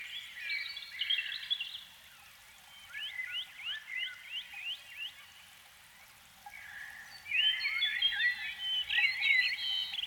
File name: Canary Sound